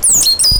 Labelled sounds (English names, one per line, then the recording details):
Stitchbird song
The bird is a male
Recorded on Tiritiri Matangi Island, New Zealand, in 2005
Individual 12, of nest box 16